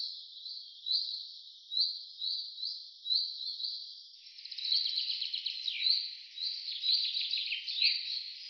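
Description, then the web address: Common chaffinch: short high notes repeat steadily, then a fuller, rapid song with downward-slurred notes joins them. "Deverinetal 2025 File cleaned normalized Bird Fr Co"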